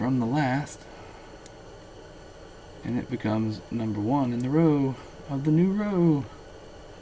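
Someone talks in short bursts while handling a crimped terminal pin for a plastic connector housing, where it will go as the first position of a new row; a brief faint tick is heard near 1.5 s. The clip ends before the pin goes home, and nothing has seated or clicked yet.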